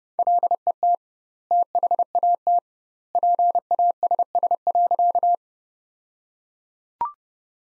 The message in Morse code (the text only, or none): LET THAT PASS.